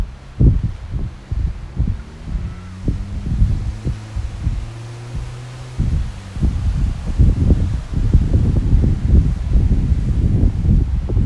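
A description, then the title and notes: Gusty wind buffets the microphone in low, uneven thumps throughout. Between about two and six seconds a passing vehicle's engine hums steadily underneath, and a soft hiss of surf and traffic fills the background, growing busier toward the end. Waves crashing in the background on a Breezy Los Angeles day (with Traffic driving by).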